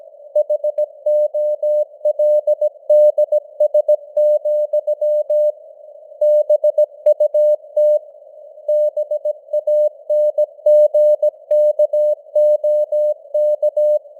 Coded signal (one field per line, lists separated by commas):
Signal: Morse code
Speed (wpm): 17 wpm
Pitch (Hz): 600 Hz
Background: none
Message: HOLDS, BUT BANGKOK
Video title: Morse Code News | 2025-12-30 | 17wpm